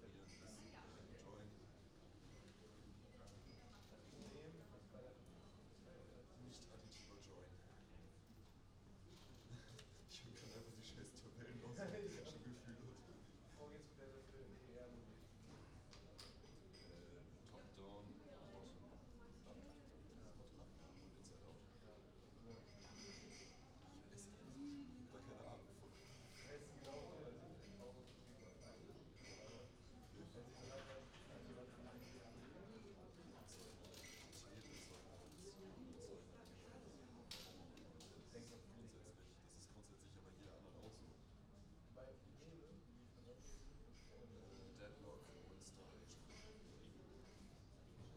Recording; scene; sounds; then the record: everyday scene through a hearing-aid microphone; many people talking; many voices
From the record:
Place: university cafeteria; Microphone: in the ear canal, right